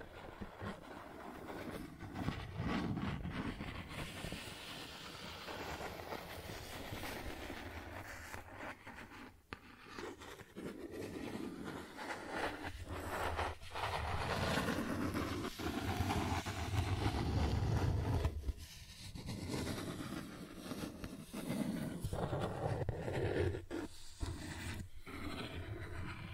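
Cardboard is scratched, traced and torn in a continuous rough, rumbling scrape that never stops for the full length. Sharp rips and scratchy bursts break through every second or two, with a heavier, lower grinding stretch around the middle before the scraping thins out near the end.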